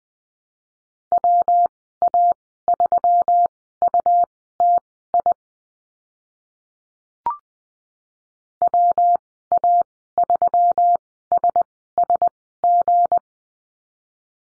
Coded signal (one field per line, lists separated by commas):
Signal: Morse code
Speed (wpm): 20 wpm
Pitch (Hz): 700 Hz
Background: none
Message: WA3UTI WA3SSG